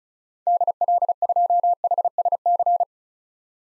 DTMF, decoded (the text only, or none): none